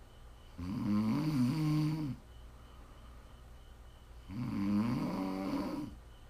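Two low, rumbling snores, each about one and a half seconds with a buzzing, fluttering tone, are separated by quiet stretches. It is ordinary steady snoring during sleep.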